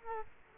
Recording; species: mosquito wingbeat signal from an infrared sensor; Culex quinquefasciatus